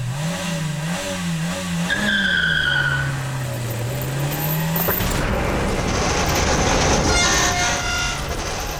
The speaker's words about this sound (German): Also, entweder ich habe eine Gehirnerschütterung oder da fährt gerade tatsächlich ein Auto mit einem Tresor im Schlepptau.